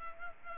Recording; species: mosquito wingbeat signal from an infrared sensor; Culex pipiens